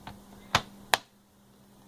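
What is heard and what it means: The plastic bottom cover of an Acer C720 laptop is pushed down onto the laptop base, and after a faint tap at the start, its clips snap in with two sharp clicks at 0.6 s and 0.9 s. The cover is only partly seated and deliberately not clicked all the way down so it can be left off.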